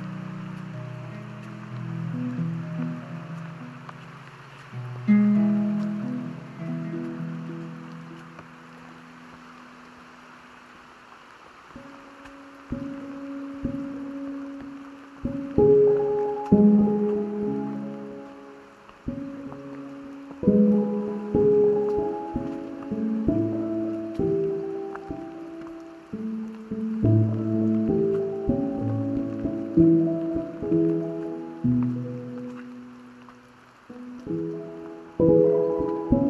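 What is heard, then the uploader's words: Rain on a coastal hike makes a steady soft hiss all the way through. Over it come low, hum-like tones that shift up and down in pitch in short runs, sparse at first and denser after about 13 seconds, swelling loudest near 5, 16, 20 and 30 seconds. Hike out to Cascade Head on the Oregon Coast on a rainy early Spring morning.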